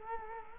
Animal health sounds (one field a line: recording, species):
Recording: mosquito wingbeat signal from an infrared sensor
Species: Culex quinquefasciatus